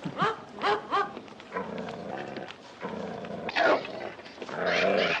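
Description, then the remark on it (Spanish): A dog growls in low, rumbling stretches that rise and fall, opening with three quick, sharp yips before the steady snarling takes over and swells louder toward the end. “Es el perro más feo de todos.”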